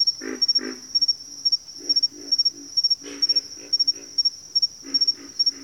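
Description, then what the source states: Pig frogs giving deep, rasping grunts in rapid clusters against a continuous high insect chorus. Bayou habitat, several pig frogs.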